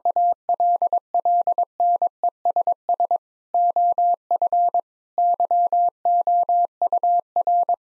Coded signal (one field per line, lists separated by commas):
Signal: Morse code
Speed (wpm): 22 wpm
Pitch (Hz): 700 Hz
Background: none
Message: ALLNESS OF YOUR